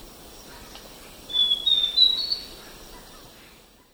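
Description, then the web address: Zimmer's antbird song: a single short series of high, clear whistled notes, rapid and slightly rising, against soft background hiss. Eastern lowlands of South America. "Natures Songs S America Eastern Lowlands. Zimmer's Antbird"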